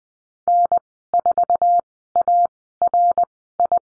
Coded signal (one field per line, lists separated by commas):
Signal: Morse code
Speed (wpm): 20 wpm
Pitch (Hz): 700 Hz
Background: none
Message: N4ARI